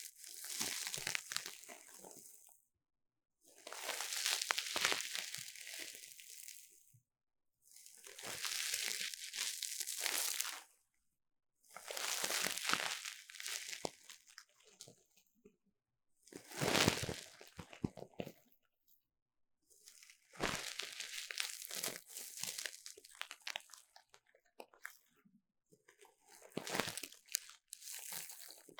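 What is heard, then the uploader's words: Crackling and rubbing of ear cleaning comes in bursts of about two seconds, separated by short silences, with bright, scratchy rustles throughout. ASMR 3Dio 耳掃除 귀 청소 | Ear Cleaning | No Talking.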